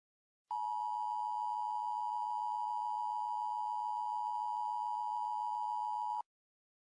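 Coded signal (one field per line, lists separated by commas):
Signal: Emergency Alert System (SAME) tones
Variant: 853 and 960 Hz attention tone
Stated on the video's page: Fictional EAS scenario story, not a real alert.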